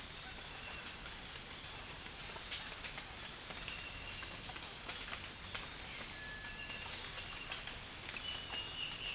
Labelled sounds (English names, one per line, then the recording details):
Cinereous Tinamou
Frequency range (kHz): Cinereous Tinamou 1.4-2.2 kHz
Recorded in dense forest near Puerto Asís, Putumayo, Colombia, on 12 March 2025 at 06:30
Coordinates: 0.484, -76.317
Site G064